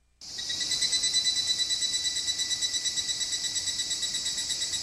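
Cicada call starting abruptly after a brief silence, then a sustained shrill, high buzz throbbing rhythmically.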